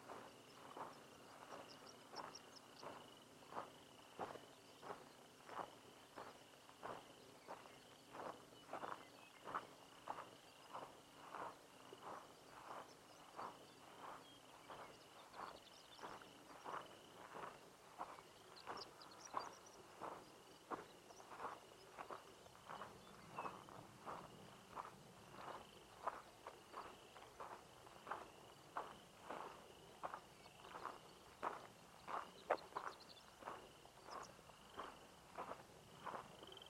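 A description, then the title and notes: Dawn on an open grassland, heard through a steady, regular crunch of footsteps moving through dry grass at roughly two steps a second. A thin, constant high insect drone runs underneath, with a few faint bird chirps scattered through. Pawnee Grassland at Dawn. NE Colorado.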